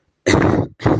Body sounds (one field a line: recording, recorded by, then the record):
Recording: voluntary cough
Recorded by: messaging app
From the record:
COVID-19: negative